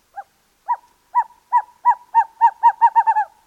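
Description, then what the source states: Western Screech Owl giving a series of short hollow hoots that speed up steadily, starting slowly and becoming quick and bouncing by the end. One of 11 owl species found in Texas.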